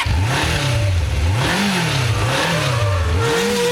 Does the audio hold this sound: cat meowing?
no